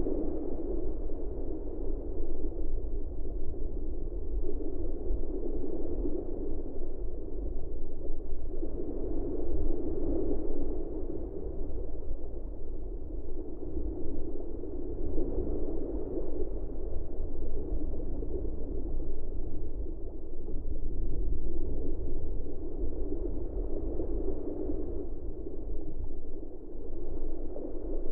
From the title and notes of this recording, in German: Ostseetauchen. Wir tauchen in die wilde Ostsee ein und lauschen dem sanften Tönen der Wellen, die über uns herrollen.